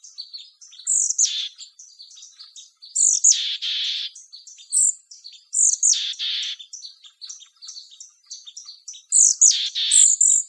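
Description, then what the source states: Bird calls: rapid high, thin chirps and squeaks run throughout, broken by several harsh, buzzy rasping bursts. Mechanical calls.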